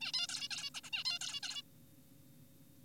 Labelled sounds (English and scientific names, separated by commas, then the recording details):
Zebra Finch (Taeniopygia guttata)
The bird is an adult
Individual g4p5U